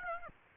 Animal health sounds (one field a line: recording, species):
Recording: mosquito wingbeat signal from an infrared sensor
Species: Aedes aegypti